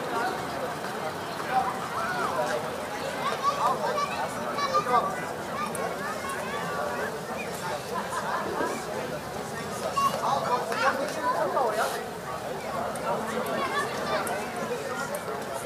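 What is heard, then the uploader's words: Children play at a playground on a summer evening, their voices forming a dense, steady chatter throughout. Brighter shouts and squeals pop out now and then, most clearly around the second and fifth seconds and again near ten seconds. Audio Journeys of Berlin: Summer Evening Joy and Child Play. Step into a blissful summer evening in Berlin with this immersive audio journey. Begin at the joyful hum of a children's playground.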